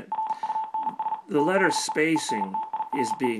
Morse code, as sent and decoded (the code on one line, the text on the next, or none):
.-. ..- -. ... / - .... . / . -. - .. .-. .
RUNS THE ENTIRE